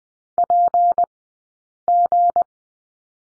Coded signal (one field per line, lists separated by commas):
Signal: Morse code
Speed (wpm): 20 wpm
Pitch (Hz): 700 Hz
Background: none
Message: PG